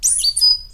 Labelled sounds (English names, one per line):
Stitchbird song